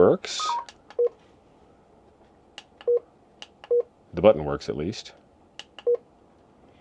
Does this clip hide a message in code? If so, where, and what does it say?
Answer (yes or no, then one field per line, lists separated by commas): no